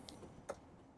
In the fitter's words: and when it's in you can feel it snap into place